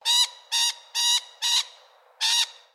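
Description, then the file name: Lorikeets giving harsh, grating screeches: four rapid bursts in about 1.5 seconds, a pause, then one more rasping screech. More than one lorikeet. "BIRD LORRIKEETS"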